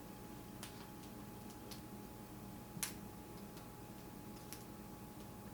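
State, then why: Seated. A flathead screwdriver presses the lined-up pins of the display cable connector back into the screen panel of an Acer KAV60 laptop. A sharp snap at 2.8 s, louder than the fainter ticks around 0.6 s and 4.5 s, marks the connector seating. The connector is seated back together.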